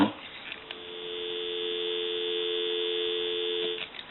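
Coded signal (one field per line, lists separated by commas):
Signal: telephone call progress tone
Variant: North America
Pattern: dial tone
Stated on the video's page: Tone on an original Snoopy Woodstock telephone during initial checkout and repair.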